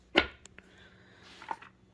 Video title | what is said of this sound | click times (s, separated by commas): AKRacing Core Series EX Gaming Chair Unboxing, Assembly, and First Impressions | and this is underneath so then the wheels just simply snap into place here | 0.2 s